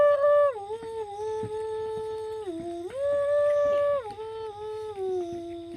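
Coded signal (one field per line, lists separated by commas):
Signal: whistled language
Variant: Kongthong jingrwai iawbei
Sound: a woman hums a slow melody, held notes stepping up and down between two pitches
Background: quiet room, low knocks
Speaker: now she will sing her last youngest daughter. Okay,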